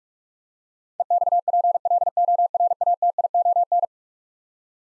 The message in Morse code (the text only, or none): EXPLORATION